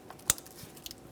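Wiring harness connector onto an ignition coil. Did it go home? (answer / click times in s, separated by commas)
yes / 0.3 s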